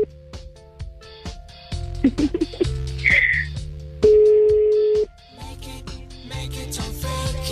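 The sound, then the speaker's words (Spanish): A phone call rings out unanswered: repeated electronic tones and chirps, then a long steady beep, over a low humming backdrop of layered sound. “Oye, ya no nos contesta el teléfono, no manches.”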